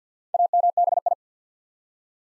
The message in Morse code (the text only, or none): AMBI